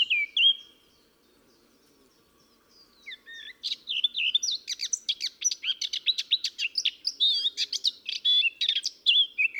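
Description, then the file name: Eurasian blackcap song: a short whistled phrase, a pause of a couple of seconds, then a fast, varied warble of scratchy and fluty notes running to the end. "Sylvia atricapilla"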